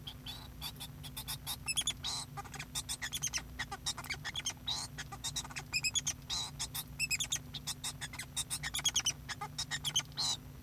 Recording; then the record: song of a male Bengalese finch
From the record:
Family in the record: son of father 2